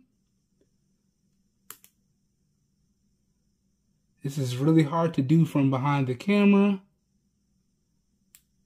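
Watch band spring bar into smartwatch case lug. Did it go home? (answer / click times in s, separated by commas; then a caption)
yes / 8.4 s. A replacement Lamshaw band's quick-release spring bar is fitted into the case lug of a CMF Watch Pro 2 smartwatch, with faint ticks near 1.7 and 1.8 s while it is worked into place. Someone talks from about 4.2 to 6.9 s, then a single sharp click at 8.4 s marks the spring bar seating in the lug, locking the band in place.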